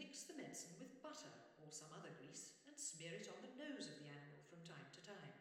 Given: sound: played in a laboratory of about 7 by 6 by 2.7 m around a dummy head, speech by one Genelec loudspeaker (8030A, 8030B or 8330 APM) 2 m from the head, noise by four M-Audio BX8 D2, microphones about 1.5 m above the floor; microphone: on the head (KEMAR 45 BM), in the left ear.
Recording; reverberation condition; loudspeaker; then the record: female speech in English; high; 60 degrees to the left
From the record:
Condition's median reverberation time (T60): about 1300 ms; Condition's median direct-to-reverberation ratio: about -4.0 dB